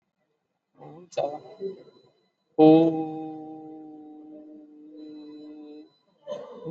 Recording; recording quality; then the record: sustained vowel as in boot; moderate, slight background noise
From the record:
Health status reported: COVID-19 positive, no symptoms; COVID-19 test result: positive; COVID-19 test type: RT-PCR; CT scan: taken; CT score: 17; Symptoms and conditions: cough, cold, breathing difficulty, fatigue, muscle pain, loss of smell and taste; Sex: male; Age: 28 years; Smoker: no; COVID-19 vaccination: none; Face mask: not worn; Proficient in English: yes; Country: India